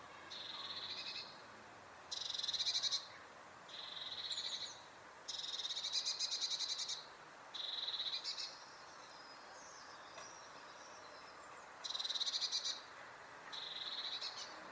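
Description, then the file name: Eurasian blue tit giving a run of buzzy, churring scold calls, dense high bursts repeated every second or two with short gaps and one longer pause. "Cyanistes caeruleus"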